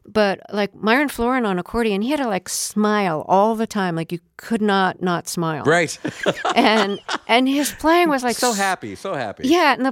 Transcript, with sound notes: But, like, Myron Floren on accordion, he had to, like, smile all the time. Like, you could not not smile.
Right (laughter).
And his playing was like...
So happy. So happy.